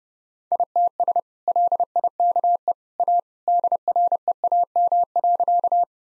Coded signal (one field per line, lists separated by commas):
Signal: Morse code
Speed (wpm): 32 wpm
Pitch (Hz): 700 Hz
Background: none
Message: ITS LIKE A DREAM.